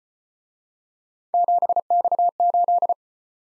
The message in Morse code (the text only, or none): 7X8